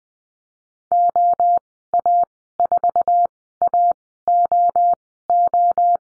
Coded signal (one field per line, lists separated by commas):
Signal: Morse code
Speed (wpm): 20 wpm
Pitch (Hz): 700 Hz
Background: none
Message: OA4AOO